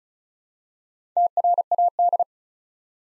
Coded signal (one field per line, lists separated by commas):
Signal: Morse code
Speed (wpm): 36 wpm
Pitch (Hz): 700 Hz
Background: none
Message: TRAD